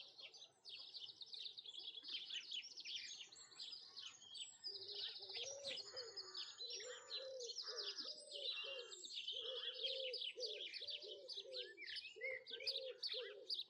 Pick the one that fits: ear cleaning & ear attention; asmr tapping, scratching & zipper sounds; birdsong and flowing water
birdsong and flowing water